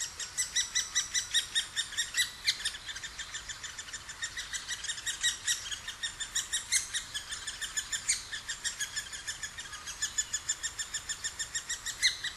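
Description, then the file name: Great spotted woodpecker chattering: rapid, overlapping sharp notes run on steadily with a few louder clicks, suggesting more than one caller. Recorded in Sapporo, dated 20 June 2011. "akagera sapporo namba"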